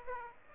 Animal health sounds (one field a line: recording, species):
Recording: mosquito wingbeat signal from an infrared sensor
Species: Aedes aegypti